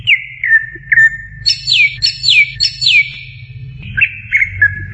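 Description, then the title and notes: Greater green leafbird singing clear whistles, including three descending slurred notes in quick succession, then short chipped phrases, with a faint low rumble behind. Champion songbird. "Kicau Burung Cucak Ijo Juara. Suara kicauan burung cucak ijo"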